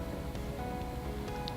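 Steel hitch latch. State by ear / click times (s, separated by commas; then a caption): seated / 1.5 s. A key-locked position latch in an adjustable trailer hitch ball mount is released to reseal it after the height is set. Its locking mechanism engages with a short, sharp click at 1.5 seconds over a steady background hum. The ball mount is locked into position.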